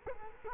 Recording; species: mosquito wingbeat signal from an infrared sensor; Culex quinquefasciatus